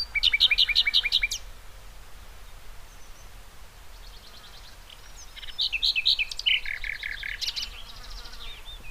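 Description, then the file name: Common nightingale song: a burst of rapid, sharp repeated notes, a pause with faint background calls, then a second phrase of quick chips and varied whistled notes. "Luscinia megarhynchos"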